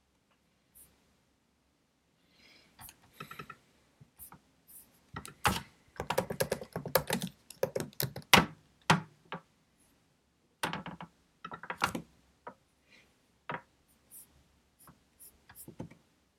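Studying with pencil and computer: sharp pencil scratches and clicks of keyboard and mouse come in irregular bursts over a faint steady hiss. The activity is densest from about 5 to 10 seconds, with scattered taps and strokes before and after.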